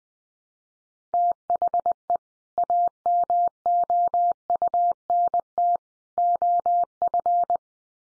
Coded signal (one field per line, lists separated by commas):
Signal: Morse code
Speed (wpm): 20 wpm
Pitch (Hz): 700 Hz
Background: none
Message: THE AMOUNT OF